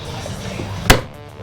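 On a 2023 Toyota 4Runner (5th Gen), the plastic roof rail trim cover is pried up so its retaining tab comes free from the roof mount, as part of installing a roof rack. Over a low, steady background, a single sharp pop sounds at 0.9 s, then fades out quickly. The cover's tab has released and the cover is off without breaking.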